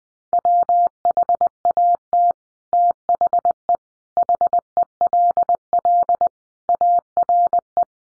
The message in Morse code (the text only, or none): WHAT THE HELL ARE